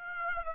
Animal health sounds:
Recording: mosquito wingbeat signal from an infrared sensor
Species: Aedes aegypti

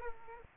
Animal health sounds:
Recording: mosquito wingbeat signal from an infrared sensor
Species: Aedes aegypti

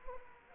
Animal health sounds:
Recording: mosquito wingbeat signal from an infrared sensor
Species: Culex quinquefasciatus

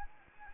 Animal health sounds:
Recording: mosquito wingbeat signal from an infrared sensor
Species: Anopheles arabiensis

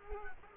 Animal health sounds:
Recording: mosquito wingbeat signal from an infrared sensor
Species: Culex quinquefasciatus

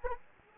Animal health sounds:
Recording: mosquito wingbeat signal from an infrared sensor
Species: Anopheles arabiensis

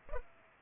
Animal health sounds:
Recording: mosquito wingbeat signal from an infrared sensor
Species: Culex pipiens

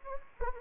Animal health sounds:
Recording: mosquito wingbeat signal from an infrared sensor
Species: Anopheles gambiae

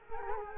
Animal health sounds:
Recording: mosquito wingbeat signal from an infrared sensor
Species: Culex quinquefasciatus

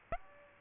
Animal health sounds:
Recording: mosquito wingbeat signal from an infrared sensor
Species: Aedes aegypti

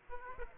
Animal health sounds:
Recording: mosquito wingbeat signal from an infrared sensor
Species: Aedes aegypti

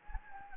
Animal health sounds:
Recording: mosquito wingbeat signal from an infrared sensor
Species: Anopheles gambiae

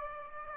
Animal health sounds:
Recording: mosquito wingbeat signal from an infrared sensor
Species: Aedes aegypti

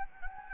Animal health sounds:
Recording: mosquito wingbeat signal from an infrared sensor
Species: Anopheles gambiae

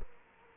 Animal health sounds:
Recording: mosquito wingbeat signal from an infrared sensor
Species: Culex quinquefasciatus

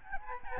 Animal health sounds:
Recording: mosquito wingbeat signal from an infrared sensor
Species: Aedes albopictus

